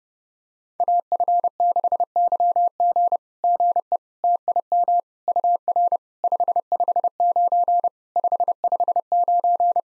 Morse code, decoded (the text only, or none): AF6YG GE TIM UR 559 559